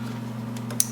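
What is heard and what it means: An electrical wiring connector is plugged onto an ignition coil pack on the passenger-side bank of the V6 engine in a 2005–2010 Honda Odyssey, over a steady low hum. Two faint soft ticks at about 0.6 s and 0.7 s lead up to a single sharp plastic latch click at 0.8 s, and the connector is seated.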